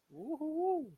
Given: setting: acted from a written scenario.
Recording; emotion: vocal sound without words; triumph